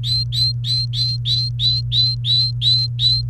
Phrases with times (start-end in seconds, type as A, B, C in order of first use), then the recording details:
0.00-3.21 A. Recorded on 28 April 2018 at 15:51. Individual llb3